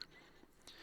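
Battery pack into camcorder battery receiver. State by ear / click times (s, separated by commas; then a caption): seated / 0.0 s. A battery pack is set straight into the black rectangular receiver on the back of a Canon GL2 camcorder, below the viewfinder, then slid down until it locks. A sharp click is heard at 0.0 s, and a softer, longer rustle follows at 0.7 s. The battery is seated and locked in place, as shown by the locking button shifting.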